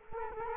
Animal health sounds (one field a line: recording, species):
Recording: mosquito wingbeat signal from an infrared sensor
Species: Culex quinquefasciatus